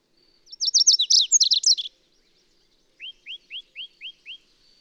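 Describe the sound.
Bird song: a fast high twittering phrase, then after a pause six lower, evenly spaced whistles, while a faint thin steady note hums behind.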